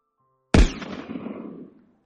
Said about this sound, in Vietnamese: Súng được bóp cò. Một tiếng nổ lớn vang lên bên trong phòng giam.